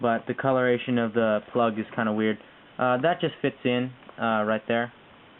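A battery plug is handled one-handed toward its connector on a Kirenex M4 airsoft assault rifle while someone talks throughout. Only speech is heard, with pauses between phrases and no snap. The plug's latch has not clicked in yet, and nothing has seated.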